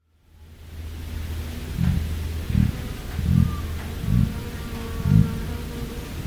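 Emu low, throbbing drum-like pulses repeated roughly every second over a steady low hum.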